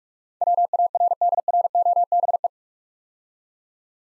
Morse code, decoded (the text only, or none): WARDROBE